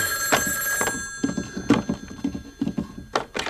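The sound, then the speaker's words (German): A telephone at a farm outside town rings at 5:05 in the morning, waking a sleeper, with a bright, metallic bell tone in short repeated bursts with sharp clicks and knocks between them. No one speaks. “Das Telefon weckte mich um 5:05.”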